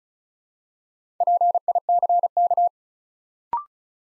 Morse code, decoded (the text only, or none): PICK